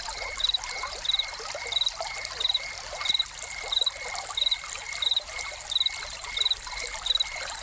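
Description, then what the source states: Crickets chirping in steady short pulses, about one and a half per second, with a second fainter chirping layer beneath, over constant trickling, splashing fountain water. Crickets heard together with a fountain.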